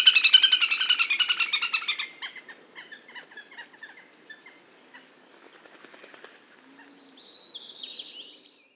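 Bird song opening with a loud fast trill that fades into scattered chips, followed by a brief high buzzy phrase near the end.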